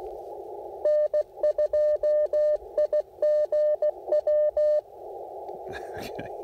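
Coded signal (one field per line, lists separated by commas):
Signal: Morse code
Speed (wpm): 16 wpm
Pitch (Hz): 590 Hz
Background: speech, radio noise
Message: N2IGW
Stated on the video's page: Real-time, unedited CW Parks On The Air activation calling CQ and working stations, using an Icom IC-705 with an Elecraft T1 tuner and a CHA Emcomm III Portable antenna.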